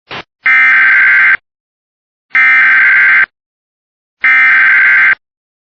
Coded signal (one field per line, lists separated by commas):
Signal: Emergency Alert System (SAME) tones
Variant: header bursts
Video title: (SPECIAL) silver alert EAS #6